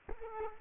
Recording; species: mosquito wingbeat signal from an infrared sensor; Culex quinquefasciatus